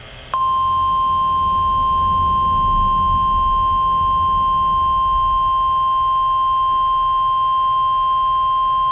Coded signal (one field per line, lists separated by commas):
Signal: Emergency Alert System (SAME) tones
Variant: 1050 Hz attention tone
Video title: NWS Ruskin Weekly Test (PM) (9/18/24) (New EAS 675)